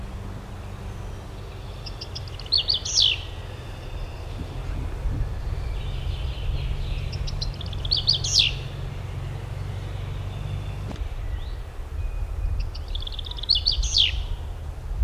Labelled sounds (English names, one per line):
Common Chaffinch